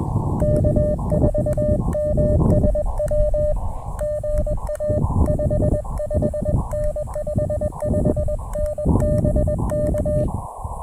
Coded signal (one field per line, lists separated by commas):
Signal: Morse code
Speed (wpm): 21 wpm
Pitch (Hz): 600 Hz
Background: none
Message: K4MSW GA 55N 55N BK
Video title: Brunswick Town SHS POTA: Battling the bands with two field antennas and one cool new AX1 accessory!